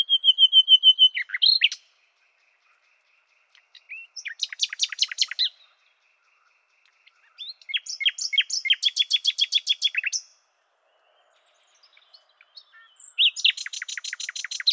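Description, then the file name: Common nightingale song in four phrases, opening with quick piping notes, then rapid stuttering trills and machine-gun rattles between silent gaps. "Luscinia megarhynchos"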